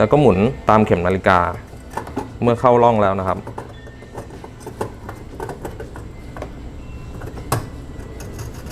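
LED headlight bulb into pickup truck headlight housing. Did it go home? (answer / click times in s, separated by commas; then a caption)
yes / 7.5 s. Someone talks as an LED headlight bulb with a D5S base, replacing the original xenon bulb on a 2017 Mitsubishi Triton pickup, is placed back into the plastic headlight housing and turned clockwise in its groove. Quiet handling sounds and small ticks follow, then a sharp lock click at 7.5 s as the bulb seats, finishing the job.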